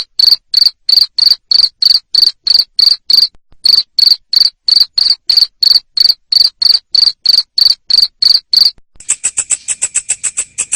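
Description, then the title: Cricket chirping in rapid regular pulses, then a higher, thinner, faster chirping takes over near the end. Loud cricket chirping played to stimulate lovebirds to sing continuously. "Suara JANGKRIK NGERIK Keras Bikin LOVEBIRD Jadi NGEKEK Terus"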